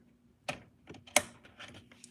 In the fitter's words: I heard the click it's now firmly in place so that's upgrade number one